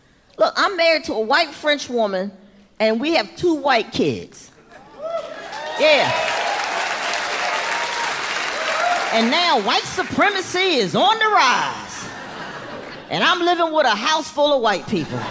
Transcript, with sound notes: Look, I'm married to a white French woman, and we have two white kids. Yeah.
(APPLAUSE)
And now white supremacy is on the rise.
(LAUGHTER)
And I'm living with a houseful of white people.